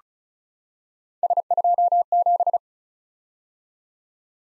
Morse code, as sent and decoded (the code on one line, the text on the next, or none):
... ..--- --...
S27